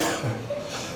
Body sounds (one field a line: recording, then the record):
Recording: coughing mixed with background sound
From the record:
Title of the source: Cough Around the Clock!